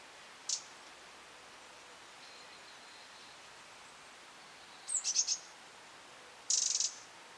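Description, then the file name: Eurasian wren with a brief tick, then a short broken rattle and a fuller churring burst near the end, fairly faint over background hiss. "Troglodytes troglodytes"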